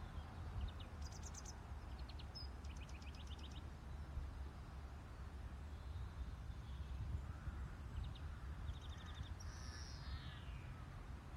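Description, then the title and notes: European greenfinch song: quick twittering trills in short bursts, then a long wheezy note sliding downward near the end, over a steady low rumble. Lake District, UK; recorded April 7, 2023; song includes a screeching part. "Greenfinch in the Lake District, UK. Notice the "screeching" part of the song! Recorded April 7th, 2023"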